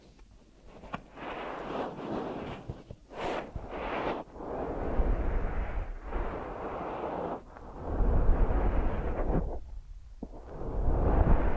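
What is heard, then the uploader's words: Deep ear massage sounds: heavy, muffled rubbing that swells and fades in long strokes, with brief pauses near one, three, four and ten seconds. The texture is dense and rough with a strong low rumble, growing louder and boomier after eight seconds. ASMR Deep Ear Massage for Sleep(No Talking).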